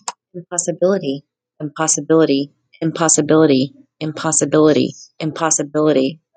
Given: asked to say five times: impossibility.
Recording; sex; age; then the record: repeated word; female; 20 to 29 years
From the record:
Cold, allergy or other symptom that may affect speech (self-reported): no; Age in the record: 29 years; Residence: Indiana, United States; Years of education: 14